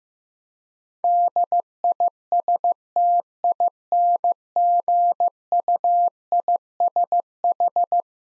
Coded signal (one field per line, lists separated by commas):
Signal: Morse code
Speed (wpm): 16 wpm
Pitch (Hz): 700 Hz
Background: none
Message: DISTINGUISH